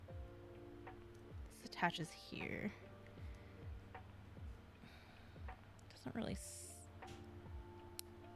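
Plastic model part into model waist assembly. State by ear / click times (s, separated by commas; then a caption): seated / 8.0 s. A plastic model-kit part, the waist piece of a mecha model, is pushed onto its mating part while someone talks over steady background tones. After some light handling noises, it snaps home with a sharp click at 8.0 s, and the part is seated.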